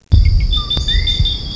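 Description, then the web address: Coquí frog call: a short flat note followed by a higher rising note, over low rumbling background noise and a steady high whine. "coqui sound"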